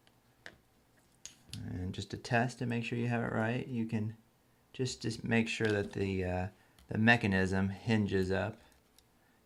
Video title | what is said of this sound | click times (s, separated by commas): U key replacement 13" Macbook Pro 2.4 Ghz 1278 mid-2010 MC374 AC06 | you just push down on the top it should snap right in and | 0.5 s, 1.3 s, 1.5 s